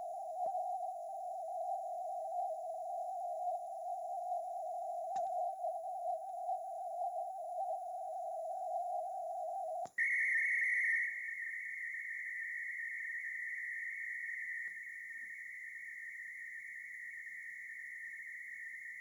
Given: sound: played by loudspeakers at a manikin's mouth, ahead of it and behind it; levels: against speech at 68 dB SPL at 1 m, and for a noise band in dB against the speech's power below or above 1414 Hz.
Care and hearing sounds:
test signals for a remote microphone
0.00-0.46 s: noise band at 707 Hz, 0 dB
0.46-5.16 s: noise band at 707 Hz, +5 dB
5.16-9.85 s: noise band at 707 Hz, +10 dB
9.98-14.68 s: noise band at 2000 Hz, +10 dB
14.68-19.01 s: noise band at 2000 Hz, +5 dB
From the record:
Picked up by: remote microphone A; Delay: 47 ms

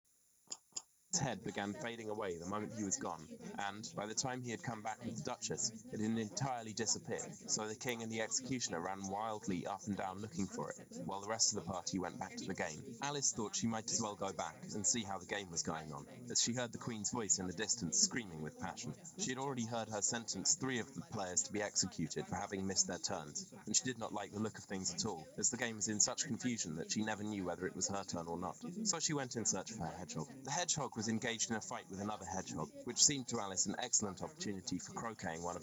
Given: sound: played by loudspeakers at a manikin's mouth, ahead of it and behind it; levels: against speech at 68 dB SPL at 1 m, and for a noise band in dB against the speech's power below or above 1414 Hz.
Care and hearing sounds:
test signals for a remote microphone
0.50 s: click
0.75 s: click
1.13-35.63 s: man speaking, babble ahead at +6 dB SNR for speech at 1 m
From the record:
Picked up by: remote microphone A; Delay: 47 ms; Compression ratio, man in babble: 10.50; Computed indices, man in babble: HASPI 1.000, HASQI 0.322 (non-linear 0.372, linear 0.866), ESTOI 0.714

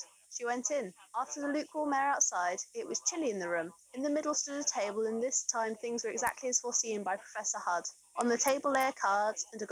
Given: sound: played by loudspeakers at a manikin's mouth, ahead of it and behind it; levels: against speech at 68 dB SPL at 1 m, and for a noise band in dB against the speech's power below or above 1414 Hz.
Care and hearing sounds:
test signals for a remote microphone
0.00-9.72 s: woman speaking, babble ahead at +6 dB SNR for speech at 1 m
From the record:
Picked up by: remote microphone C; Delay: 23 ms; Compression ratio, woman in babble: 1.51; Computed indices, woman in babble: HASPI 0.867, HASQI 0.307 (non-linear 0.358, linear 0.857), ESTOI 0.784

